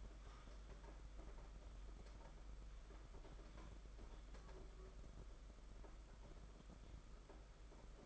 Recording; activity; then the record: daily activity, microphone in the room; typing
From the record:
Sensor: 5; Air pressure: 991.9 hPa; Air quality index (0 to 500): 164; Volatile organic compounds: 377 ppm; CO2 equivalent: 4632 ppm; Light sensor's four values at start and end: 31/108/40/42 and 31/108/40/42